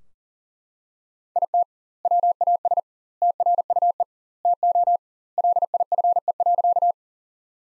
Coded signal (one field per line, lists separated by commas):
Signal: Morse code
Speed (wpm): 37 wpm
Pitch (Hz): 700 Hz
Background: none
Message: IT WAS TRUE TO LIFE.